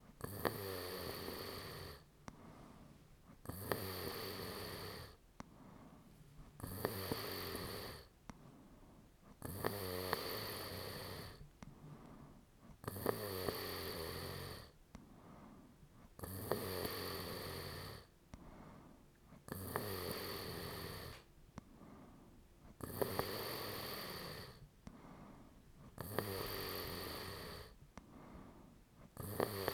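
Loud, buzzy, rattling snores come about every three seconds, roughly 19 per minute, in a steady rhythm. Each snore is followed by a quieter breath out. The pattern is ordinary snoring.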